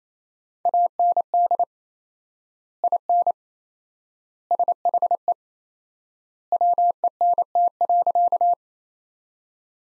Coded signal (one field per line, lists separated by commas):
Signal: Morse code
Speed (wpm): 27 wpm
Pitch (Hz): 700 Hz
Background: none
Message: AND IN SHE WENT.